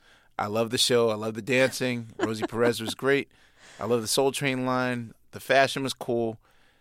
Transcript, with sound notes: I love the show. I love the dancing - Rosie Perez was great.
(LAUGHTER)
I love the "Soul Train" line. The fashion was cool.